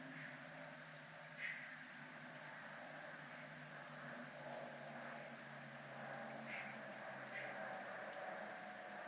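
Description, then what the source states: Crickets trill steadily in high short pulses, with occasional faint chirps and a low droning hum underneath. Crickets at a place called zona militar.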